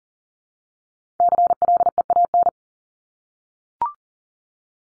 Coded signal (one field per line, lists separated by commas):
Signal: Morse code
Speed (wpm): 40 wpm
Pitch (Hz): 700 Hz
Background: none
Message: CLEAN